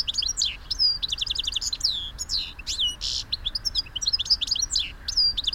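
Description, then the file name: European goldfinch chattering in a lively stream of high tinkling and slurred notes, broken by a short buzzy rasp partway through. "Carduelis carduelis"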